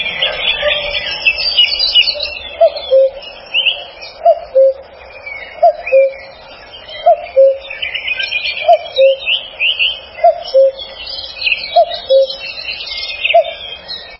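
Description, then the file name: Cuckoo calling a steady falling two-note cuckoo roughly every one and a half seconds, with other small birds singing high, warbling phrases throughout. Recorded 17 April 2007. "reinsamba cuckoo-2007-04-17"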